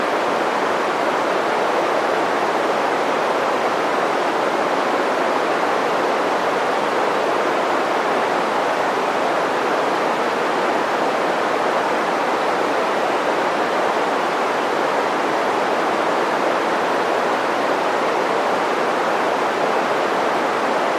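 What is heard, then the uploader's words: Green noise plays as a steady, unbroken hiss centered in the middle range, with little deep rumble and softened highs. It stays completely even for the whole stretch, dense, with no events or changes, much like a waterfall or rushing water. Green noise mimics the ambient white noise found in nature.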